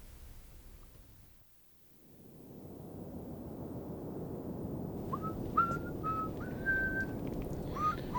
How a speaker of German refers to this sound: Könntest du nicht mal was anderes pfeifen? Ich kenne, glaube ich, nur noch dies eine.